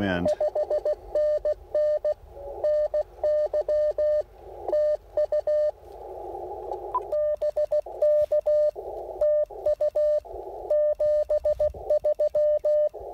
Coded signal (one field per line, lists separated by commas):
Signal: Morse code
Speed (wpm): 16 wpm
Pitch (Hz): 600 Hz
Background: speech, radio noise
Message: 5NN NY TU BK TU 73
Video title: Real-time CW POTA activation of Elk Knob State Park with the Icom IC-705 transceiver